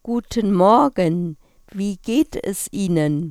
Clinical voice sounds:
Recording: spoken sentence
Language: German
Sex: female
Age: 40 to 49 years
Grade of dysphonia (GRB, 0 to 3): 2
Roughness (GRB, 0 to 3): 1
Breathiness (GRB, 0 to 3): 0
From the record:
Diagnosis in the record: hyperfunctional dysphonia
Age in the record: 48 years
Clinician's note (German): Multifaktoriell

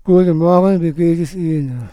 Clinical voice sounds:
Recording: spoken sentence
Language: German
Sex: male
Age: 40 to 49 years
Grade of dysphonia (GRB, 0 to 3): 0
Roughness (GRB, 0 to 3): 0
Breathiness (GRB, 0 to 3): 0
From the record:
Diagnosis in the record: Down syndrome, dysphonia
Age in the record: 47 years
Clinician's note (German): Morbus Down + Dysphonie

